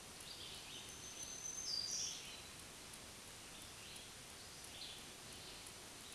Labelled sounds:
Black-throated Green Warbler (Setophaga virens) song

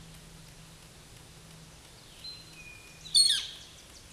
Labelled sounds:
Eastern Towhee (Pipilo erythrophthalmus) song

